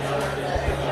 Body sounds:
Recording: background sound without coughing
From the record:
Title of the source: CITY SOUNDS Busy Bar in the Evening Night - 2 HOURS of Ambiance for Relaxation

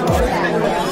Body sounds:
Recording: background sound without coughing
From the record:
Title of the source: Nightlife Party Simulating Party Club Noise 1 Hour

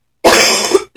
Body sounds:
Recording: coughing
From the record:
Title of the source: 61 morning phlegmy cough...again

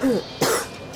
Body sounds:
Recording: coughing mixed with background sound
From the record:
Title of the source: 30 Chesty and wet cough

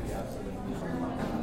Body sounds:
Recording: background sound without coughing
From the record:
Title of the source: 60 minutes of coffee shop sounds for study and concentration

